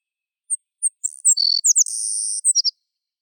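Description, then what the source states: Sparrow song opening with two thin high chips, then a fast jumble of slurred notes and a long, dry, buzzy trill ending in short clipped notes. A single bird singing solo.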